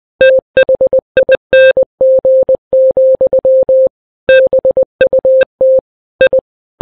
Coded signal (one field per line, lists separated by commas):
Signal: Morse code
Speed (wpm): 20 wpm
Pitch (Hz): 520 Hz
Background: none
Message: THING, BUT I